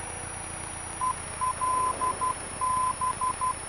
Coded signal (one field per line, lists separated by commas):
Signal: Morse code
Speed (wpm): 12 wpm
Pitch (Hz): 1020 Hz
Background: radio noise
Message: ELB